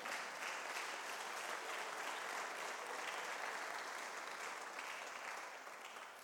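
A church audience breaks into sustained applause for God during a sermon, a dense, steady wash of many hands clapping at even loudness for several seconds before easing slightly at the end, with no voices standing out.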